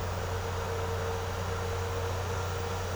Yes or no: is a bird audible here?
no